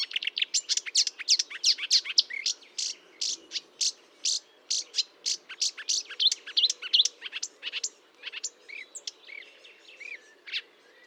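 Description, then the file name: Marsh warbler delivering quick bursts of sharp clicks and chirps, nearly three a second, mixed with buzzes and whistles, irregular. Recorded 1 June 2022 at 10:55, Fontaine-Française (Fourneau), France; Nagra recorder with Telinga. "Rousserolle verderolle 1055 Fontaine-Francaise-Fourneau"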